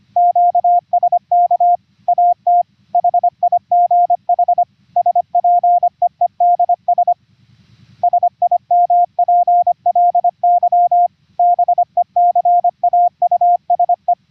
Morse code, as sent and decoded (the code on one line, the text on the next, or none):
--.- ... -.- / .- - / .... .. --. .... / ... .--. . . -.. ... / ... .. -- .--. .-.. -.-- / -... . -.-. .- ..- ... .
QSK AT HIGH SPEEDS SIMPLY BECAUSE